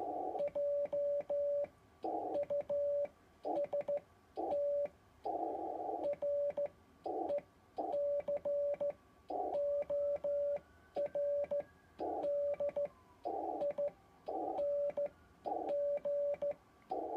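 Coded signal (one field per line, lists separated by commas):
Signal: Morse code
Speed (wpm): 14 wpm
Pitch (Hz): 580 Hz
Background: none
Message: JUST RECORDING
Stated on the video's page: Sound of a Kent key on a steel base rather than a wooden one.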